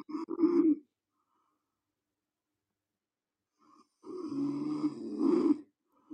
The snoring in the background.